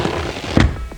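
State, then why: Seated. A 2016 Pajero's folding third-row seat is pushed down with a small jolt so its latch hooks onto the metal floor bracket. A short, sharp clack at 0.6 s stands out over a steady background hum. The latch is engaged and the seat is seated on the bracket.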